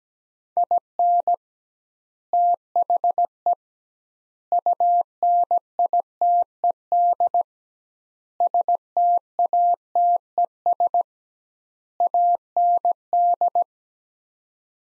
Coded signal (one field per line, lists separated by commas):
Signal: Morse code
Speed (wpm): 17 wpm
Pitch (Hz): 700 Hz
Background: none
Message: IN THE UNITED STATES AND